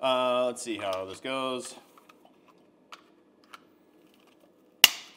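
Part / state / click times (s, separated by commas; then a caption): brush attachment onto spot cleaner wand nozzle / seated / 4.8 s. Someone talks briefly, then pushes a plastic brush attachment onto the small wand nozzle of a Ryobi SwiftClean cordless spot carpet cleaner. A few faint ticks of handling follow, then a single loud, sharp snap at 4.8 s as the brush pops into place and seats on the wand.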